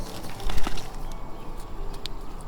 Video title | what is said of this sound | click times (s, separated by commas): New Zealand Kiwi Conservation | you heard it click yep good so that means it's okay | 2.1 s